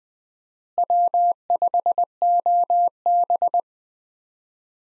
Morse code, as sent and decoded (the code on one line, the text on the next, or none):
.-- ..... --- -...
W5OB